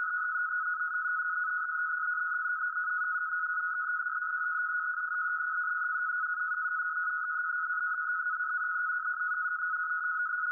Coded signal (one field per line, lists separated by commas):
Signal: NAVTEX (SITOR-B)